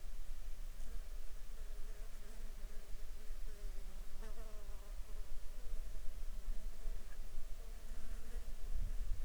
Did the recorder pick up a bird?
no